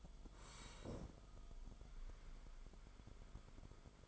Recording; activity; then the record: daily activity, microphone in the room; sit down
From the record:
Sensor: 5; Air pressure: 1005.2 hPa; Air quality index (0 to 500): 106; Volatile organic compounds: 2 ppm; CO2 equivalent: 1301 ppm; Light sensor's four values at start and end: 34/79/32/30 and 34/79/32/30